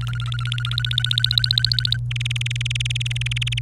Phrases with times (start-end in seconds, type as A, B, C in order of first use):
0.01-1.97 A, 2.11-3.59 B